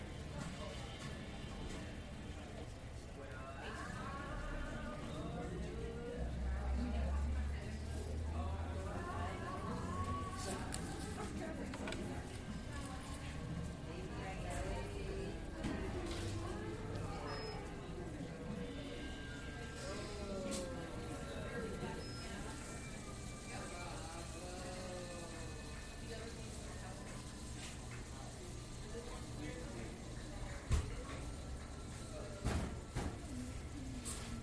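Coffee shop chatter fills the whole stretch, several voices overlapping in a steady, dense murmur. A low rumble runs underneath, heaviest around seven to ten seconds, and occasional sharp clinks and knocks cut through, one standing out near thirty-one seconds.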